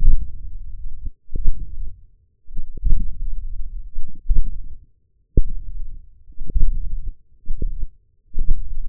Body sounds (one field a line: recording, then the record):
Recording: forearm muscle sounds (acoustic myography)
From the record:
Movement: hand opening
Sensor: system 1, eight BSWA MPA416 microphones around the upper forearm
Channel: 8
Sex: male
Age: 20 years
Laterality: left